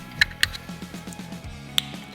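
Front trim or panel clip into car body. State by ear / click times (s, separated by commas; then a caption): seated / 1.8 s. During the rebuild of a crash-damaged Porsche 911 GT3, a front trim or panel clip is pushed into place on the car body over faint background music, with sharp ticks near 0.2 s and 0.4 s. A crisp, bright click at 1.8 s marks the clip snapping home, and the part is seated.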